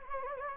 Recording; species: mosquito wingbeat signal from an infrared sensor; Anopheles gambiae